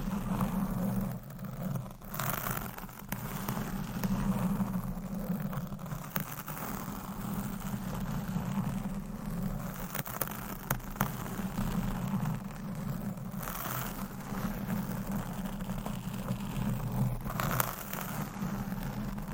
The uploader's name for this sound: Scratching , Tapping & Massage with DIFFERENT Mics , Items & Nails